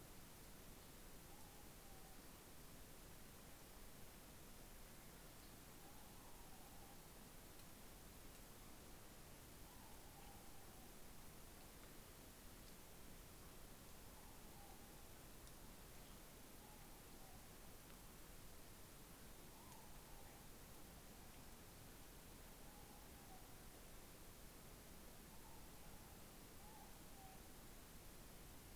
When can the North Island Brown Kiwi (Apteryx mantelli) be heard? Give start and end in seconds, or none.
none